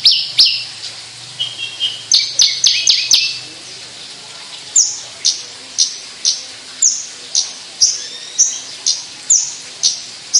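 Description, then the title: Javan bush lark song: a short cluster of rapid chirps, then a steady series of bright down-slurred notes roughly every half second. Song in the style called 'sundul langit' (touching the sky), a skyward song flight. "Branjangan Sundul Langit 3"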